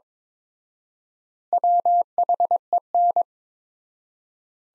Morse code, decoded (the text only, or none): WHEN